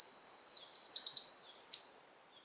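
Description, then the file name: Eurasian wren song: a shrill, fast series of high trills and warbled notes that stops about two seconds in. "Troglodytes troglodytes"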